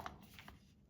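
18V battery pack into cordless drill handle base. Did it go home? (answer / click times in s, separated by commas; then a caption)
no / none. An 18V lithium battery pack is handled at the base of a Ryobi cordless drill's handle, ready to slide in. Brief plasticky knocks and rubbing at about 0.1 s and 0.4 s are heard over quiet room noise. The pack has not seated or clicked into place yet.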